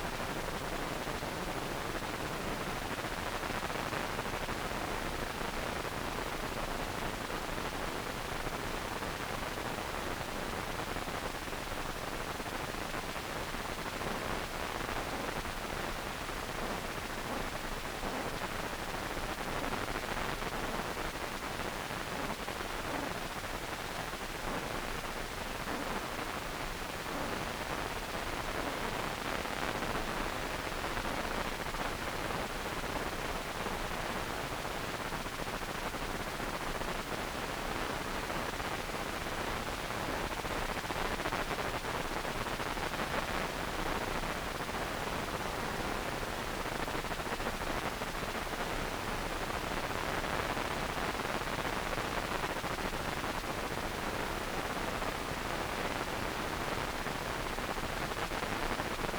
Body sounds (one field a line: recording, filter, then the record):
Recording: brain microelectrode recording played as sound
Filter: wide band, above 20 Hz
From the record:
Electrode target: subthalamic nucleus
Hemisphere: right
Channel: 2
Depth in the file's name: 5.102 mm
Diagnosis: Parkinson's disease